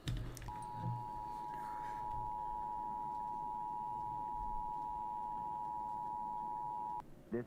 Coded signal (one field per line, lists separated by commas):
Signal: Emergency Alert System (SAME) tones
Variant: 853 and 960 Hz attention tone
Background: speech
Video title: watching eas scenarios (request in chat- try some new creators)